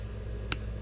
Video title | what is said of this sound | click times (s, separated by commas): How to replace a 2011 Toyota Venza 4 Button key head remote battery | and you hear it popping up | 0.5 s